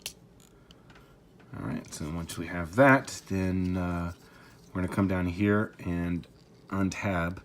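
A plastic tab on the second limb of a Transformers Studio Series 41 Scrapmetal figure is pressed onto its post and into a hole on the back, clicking into place at 0.1 s, followed by a few faint ticks. Someone then talks, and the tab is seated.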